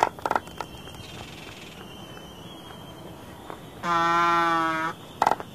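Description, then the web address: Black-footed albatross call: one steady, drawn-out moan about a second long amid quiet background, with a few short clicks before and after. "Songs of Birds of North America Stokes. Black-footed Albatross"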